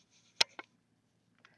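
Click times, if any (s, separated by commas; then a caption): none. Someone works the plastic arm of a 1992 G.I. Joe Hall of Fame Snake Eyes action figure into its shoulder socket, giving a sharp plastic tick at about 0.4 s, a softer one at 0.6 s and a faint tap near 1.5 s over quiet background hum. The arm has not snapped in or seated, and it stays really loose.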